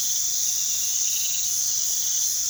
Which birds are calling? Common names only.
none